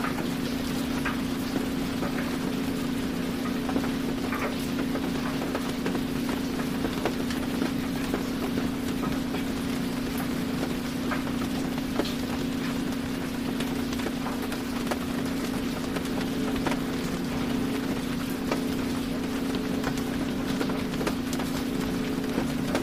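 A clothes dryer runs with a steady, low motor hum that holds one level the whole way through. Soft, scattered ticks and taps sprinkle over it like light rain pattering outside, with no pauses or changes.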